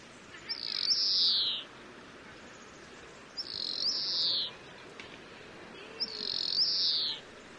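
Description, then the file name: European greenfinch repeating a harsh, buzzy, slightly descending wheeze three times, roughly every two and a half seconds, against soft continuous background hiss. "Chloris chloris"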